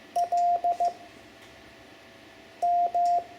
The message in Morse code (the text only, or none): L M